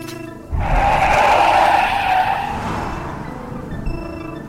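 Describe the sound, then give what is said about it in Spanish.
A car suddenly roars off with a loud, sustained tire squeal that starts abruptly and slowly fades as the engine keeps revving, with no voices. “Cuando dejó atrás a los asaltantes, redujo la velocidad y procuró tranquilizarse.”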